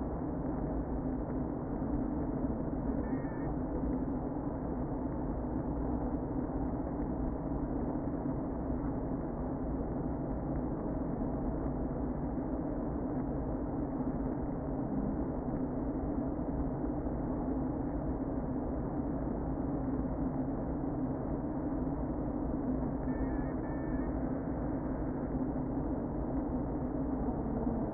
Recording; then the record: honeybee colony, microphone inside the hive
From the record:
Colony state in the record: queen present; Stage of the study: before two queens were removed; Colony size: about 60,000 bees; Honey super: yes